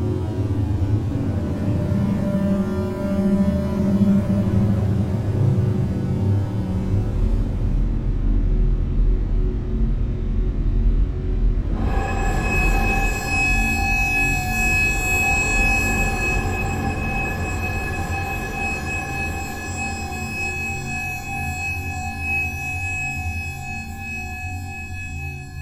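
Old electronic synth sounds making a dense, low droning texture with a steady rumble underneath. Around twelve seconds a brighter layer of sustained tones enters, holding several fixed pitches above the drone until the end, while the loudness stays nearly constant throughout.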